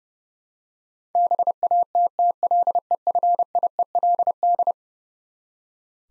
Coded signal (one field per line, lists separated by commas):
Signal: Morse code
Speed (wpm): 30 wpm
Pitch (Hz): 700 Hz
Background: none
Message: BATTLEFIELD